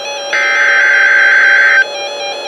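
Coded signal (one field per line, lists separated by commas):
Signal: Emergency Alert System (SAME) tones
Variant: header bursts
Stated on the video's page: NOAA Weather Radio Severe Thunderstorm Warning.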